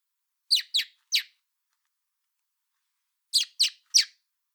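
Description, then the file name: Common blackbird uttering two bursts of three hard, high chink notes, separated by a pause of about two seconds, in silence otherwise. "Turdus merula"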